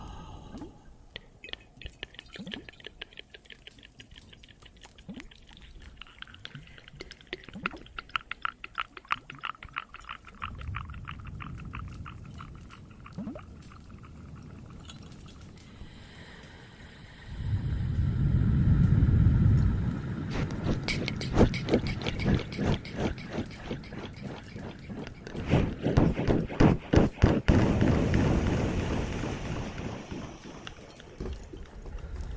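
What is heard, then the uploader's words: Cave sounds of dense, irregular fire crackling with pouring water, its deep rumble swelling around 10, 17 and 26 seconds. Some more Cave ASMR, Water and Fireplace added.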